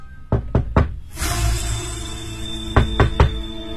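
Someone knocks on a door in two quick bursts of three sharp raps, separated by a stretch of steady low background hum; no voices are heard.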